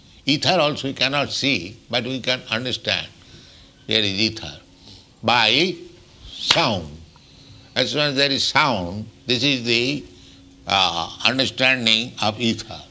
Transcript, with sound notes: Ether also we cannot see, but we can understand here is ether by [claps] sound. As soon as there is sound, this is the understanding of ether.